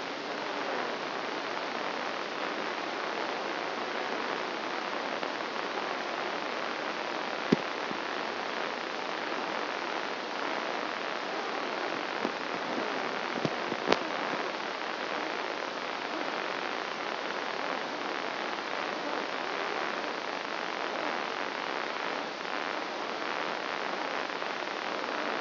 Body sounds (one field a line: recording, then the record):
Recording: brain microelectrode recording played as sound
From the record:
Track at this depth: outside the subthalamic nucleus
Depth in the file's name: -0.11 mm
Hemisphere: right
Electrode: 2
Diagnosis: Parkinson's disease